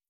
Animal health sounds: hydrophone in a shrimp aquaculture tank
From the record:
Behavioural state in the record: feeding

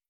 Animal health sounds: hydrophone in a shrimp aquaculture tank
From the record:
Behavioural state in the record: feeding

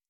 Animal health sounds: hydrophone in a shrimp aquaculture tank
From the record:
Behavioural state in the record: stressed

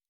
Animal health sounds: hydrophone in a shrimp aquaculture tank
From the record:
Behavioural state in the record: normal

